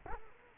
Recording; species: mosquito wingbeat signal from an infrared sensor; Culex quinquefasciatus